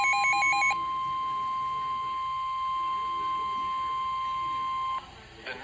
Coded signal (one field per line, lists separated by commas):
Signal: Emergency Alert System (SAME) tones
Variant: 1050 Hz attention tone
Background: speech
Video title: Severe Thunderstorm Warning (EAS #893) 6/13/26